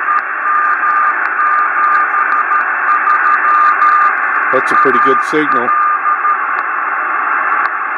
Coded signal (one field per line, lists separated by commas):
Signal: Morse code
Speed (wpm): 14 wpm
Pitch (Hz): 1210 Hz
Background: speech, radio noise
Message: EM73 AL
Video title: 6 Meter Radio Beacons